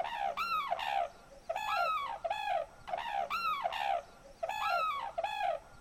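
Sarus crane trumpeting: loud, harsh, harmonic-rich calls given in paired bursts, repeating about every one and a half seconds.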